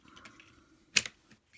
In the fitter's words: that snaps back in and